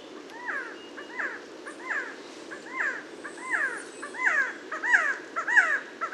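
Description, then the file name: Resplendent quetzal calling in a steady series of looping, slurred notes, repeated roughly every two-thirds of a second and growing louder toward the end. "Resplendent Quetzal Pharomachrus mocinno"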